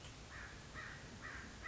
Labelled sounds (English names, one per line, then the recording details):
American Crow
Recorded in Sonoma County, California